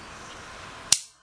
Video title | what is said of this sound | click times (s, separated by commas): Gerber/Bear Grylls Compact 2 Knife | nice snap though. Really nice snap to it. | 0.9 s